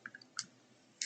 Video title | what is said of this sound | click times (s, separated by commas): The pressure of it! | you can hear it click the | 1.0 s